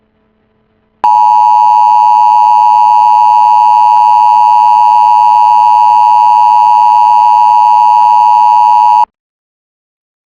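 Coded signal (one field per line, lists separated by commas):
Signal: Emergency Alert System (SAME) tones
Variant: 853 and 960 Hz attention tone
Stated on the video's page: Simulated SAME tones made for an alternate reality game; not a real alert.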